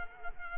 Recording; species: mosquito wingbeat signal from an infrared sensor; Culex quinquefasciatus